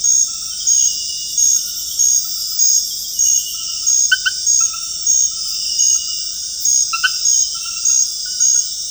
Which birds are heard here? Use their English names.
none